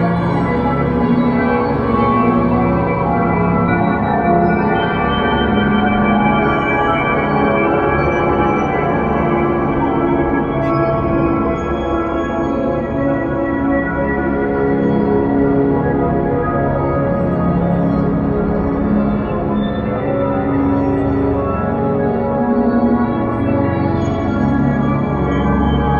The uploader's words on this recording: Compose a dark and dissonant atmosphere, some volume automation applied, various noise sources were used as input.